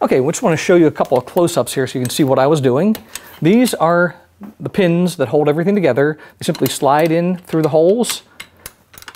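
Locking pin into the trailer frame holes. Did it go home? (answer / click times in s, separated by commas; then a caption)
no / none. A locking pin is handled at the holes of a folding bike trailer frame while someone talks, with a few brief light taps and clicks near the end. The clip ends before the pin goes home, so nothing has seated or snapped into place yet.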